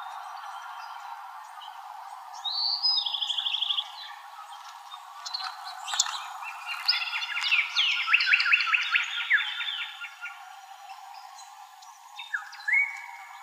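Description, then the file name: Sinaloa wren phrases: a fast trill of bright notes, then a longer, complex run of buzzy, rattling notes, and a final short note. "SIWR deviche"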